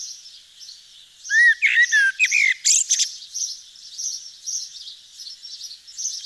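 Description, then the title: Eurasian blackbird song: a clear, rich fluted phrase followed by a burst of scratchy high twittering, with faint birdsong chatter behind. Nord, France. "Sylvain Jaskowiak - Mes piafs. Merle noir dans le Nord"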